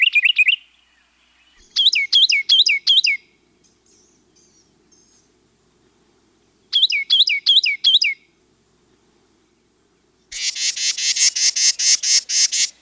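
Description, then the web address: Carolina wren singing bright, rapidly repeated whistled phrases in three bursts separated by pauses, followed by a harsh buzzy pulsed series at the end. "Birds of the Chicago Region. Carolina Wren"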